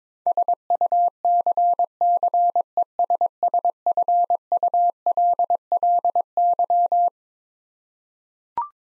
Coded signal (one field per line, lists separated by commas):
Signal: Morse code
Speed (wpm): 22 wpm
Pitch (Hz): 700 Hz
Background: none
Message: SUCCESSFULLY